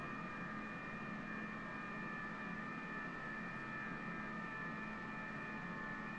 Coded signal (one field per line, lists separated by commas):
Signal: FT8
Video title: FT8 QRP 20 and 40 meters #hamradio #ft8